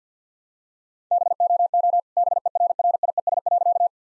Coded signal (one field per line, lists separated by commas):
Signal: Morse code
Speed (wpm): 50 wpm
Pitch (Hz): 700 Hz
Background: none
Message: BOO BERRIES.